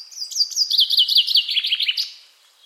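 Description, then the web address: Common chaffinch song: a descending series of bright chirpy notes lasting about two seconds, ending in a short flourish. "Deverinetal"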